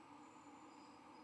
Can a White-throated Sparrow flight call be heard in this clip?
no